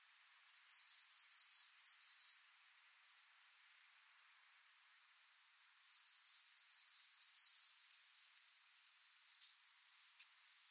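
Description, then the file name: Eurasian blue tit calls: two bursts of three thin, very high-pitched notes each, separated by a few seconds of quiet, with faint hiss behind. "Cyanistes caeruleus"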